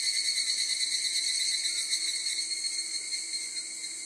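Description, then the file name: Evening cicada song, a shrill ringing buzz with stacked high tones, continuous throughout. "kanakana"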